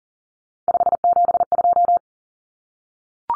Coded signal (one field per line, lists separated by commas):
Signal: Morse code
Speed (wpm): 40 wpm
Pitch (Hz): 700 Hz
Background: none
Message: 572